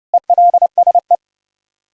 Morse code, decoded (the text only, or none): ELSE